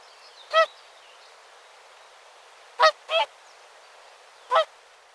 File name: Pticy Rossii - Lebed-klikun Cygnus cygnus